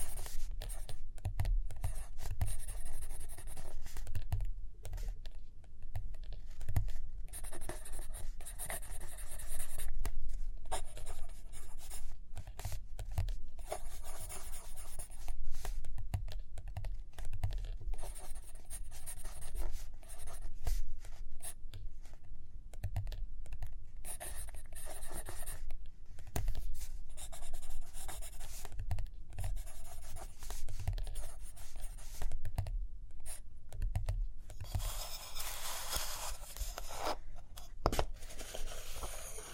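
Writing and drawing on paper fill the stretch with continuous scratchy pen strokes, broken by short pauses and quick tapping. The strokes come in bursts every second or two, bright and dense, with a longer rustling passage near the end that could be a page turning.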